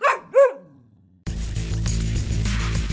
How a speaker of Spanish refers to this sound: Es un perro, no una gallina. Mira, allí está. Al final del pasillo. Parece que nos ha visto. ¡Ay, es súper mono!